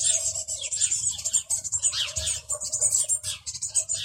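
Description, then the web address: Eurasian blue tit calling: harsh, high churring and buzzy chatter with overlapping notes, over a soft steady mid-pitched tone and low background hum. "cianscape birddata Deverinetal 2025 File origin Bird Only Cy Ca"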